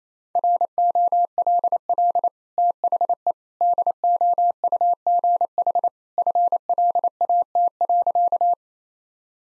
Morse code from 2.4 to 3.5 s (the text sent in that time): THE